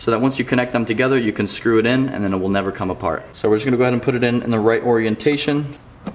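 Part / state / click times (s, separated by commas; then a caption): LED headlight bulb plug into headlight housing connector / not seated / none. Someone talks while handling an LED conversion headlight bulb's plug at the headlight housing connector of a G35 or 350Z, lining it up in the correct orientation. The speech runs nearly the whole clip and fades toward the end, and nothing has seated or clicked yet.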